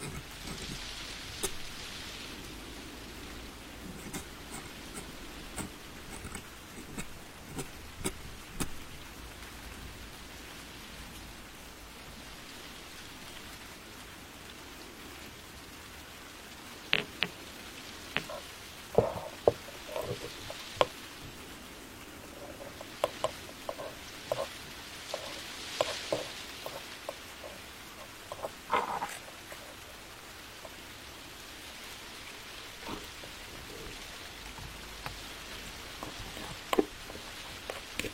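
Steady soft rain patters overhead in a warm attic, with scattered taps and small knocks around the middle of the clip.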